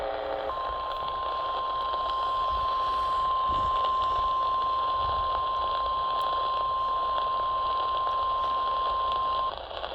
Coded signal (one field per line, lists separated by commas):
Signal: Emergency Alert System (SAME) tones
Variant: 1050 Hz attention tone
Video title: eas tor Eas#339 confirmed tornado